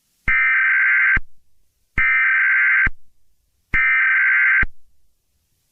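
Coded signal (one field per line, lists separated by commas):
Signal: Emergency Alert System (SAME) tones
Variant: header bursts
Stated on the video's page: Fictional doomsday EAS scenario with valid tones and synthesized narration.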